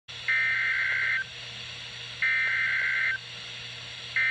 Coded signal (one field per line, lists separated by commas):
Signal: Emergency Alert System (SAME) tones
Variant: header bursts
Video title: NWR Required Weekly Tests (2/13/19)